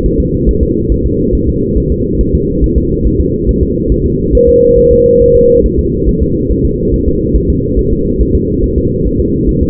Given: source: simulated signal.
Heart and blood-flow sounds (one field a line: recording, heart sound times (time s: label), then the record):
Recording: fetal heart sounds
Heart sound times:
0.06 s: S1
0.20 s: S2
0.49 s: S1
0.63 s: S2
0.92 s: S1
1.06 s: S2
1.35 s: S1
1.49 s: S2
1.78 s: S1
1.92 s: S2
2.21 s: S1
2.35 s: S2
2.64 s: S1
2.78 s: S2
3.07 s: S1
3.20 s: S2
3.49 s: S1
3.63 s: S2
3.92 s: S1
4.06 s: S2
4.35 s: S1
4.49 s: S2
4.79 s: S1
4.92 s: S2
5.22 s: S1
5.36 s: S2
5.66 s: S1
5.79 s: S2
6.09 s: S1
6.22 s: S2
6.51 s: S1
6.65 s: S2
6.94 s: S1
7.08 s: S2
7.36 s: S1
7.50 s: S2
7.79 s: S1
7.93 s: S2
8.21 s: S1
8.35 s: S2
8.64 s: S1
8.78 s: S2
9.07 s: S1
9.20 s: S2
9.49 s: S1
9.63 s: S2
From the record:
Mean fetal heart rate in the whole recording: 140 bpm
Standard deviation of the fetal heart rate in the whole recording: 2 bpm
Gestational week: 34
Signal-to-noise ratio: -14.7 dB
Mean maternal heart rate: 72 bpm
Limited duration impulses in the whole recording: present